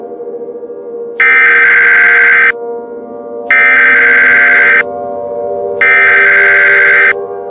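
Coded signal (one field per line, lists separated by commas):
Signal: Emergency Alert System (SAME) tones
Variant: header bursts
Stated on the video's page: Fictional tsunami EAS mock on VHS about a meteor hitting Lake Michigan; contains valid tones but is not real.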